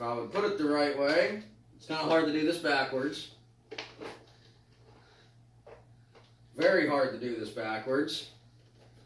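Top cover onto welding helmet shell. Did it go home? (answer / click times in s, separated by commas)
yes / 3.8 s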